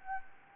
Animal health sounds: mosquito wingbeat signal from an infrared sensor; Anopheles gambiae

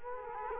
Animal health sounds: mosquito wingbeat signal from an infrared sensor; Culex quinquefasciatus

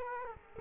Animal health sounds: mosquito wingbeat signal from an infrared sensor; Culex quinquefasciatus

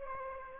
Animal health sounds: mosquito wingbeat signal from an infrared sensor; Aedes aegypti

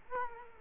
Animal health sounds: mosquito wingbeat signal from an infrared sensor; Culex quinquefasciatus

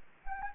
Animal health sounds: mosquito wingbeat signal from an infrared sensor; Anopheles gambiae

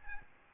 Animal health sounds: mosquito wingbeat signal from an infrared sensor; Aedes albopictus

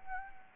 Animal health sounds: mosquito wingbeat signal from an infrared sensor; Anopheles gambiae

